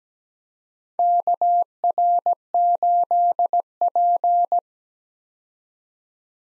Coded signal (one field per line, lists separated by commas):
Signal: Morse code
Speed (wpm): 17 wpm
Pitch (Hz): 700 Hz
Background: none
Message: KR8P